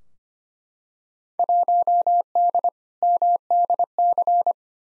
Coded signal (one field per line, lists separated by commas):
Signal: Morse code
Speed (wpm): 25 wpm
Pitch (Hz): 700 Hz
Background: none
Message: 1D MDC